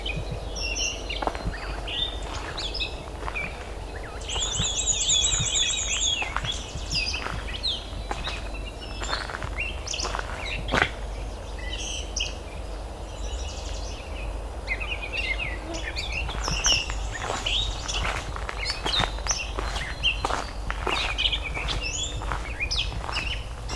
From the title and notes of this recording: Valens Lake in June. I returned to Valens Lake, during the height of breeding season.